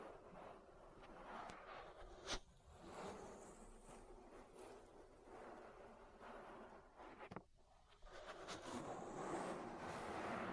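An ear massage: steady, dense rubbing and rustling with a low rumbling undertone throughout. Sharp taps land near 2 and 7 seconds, followed by a brief quieter dip, then the rubbing grows louder and more scratchy toward the end.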